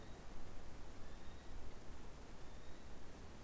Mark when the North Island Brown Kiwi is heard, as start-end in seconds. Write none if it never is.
0.00-3.43